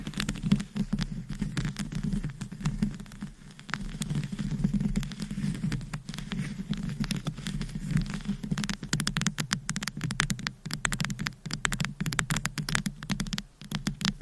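Scratching on a microphone makes a dense, rough rustle with a steady low rumble underneath that never lets up. Sharp crackling scrapes come in quick irregular bursts, growing busier and brighter after about nine seconds, sounding a little like pattering rain.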